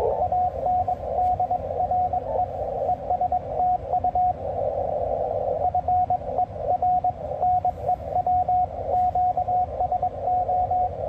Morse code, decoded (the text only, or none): ANDRE ESTU FER NEW QSO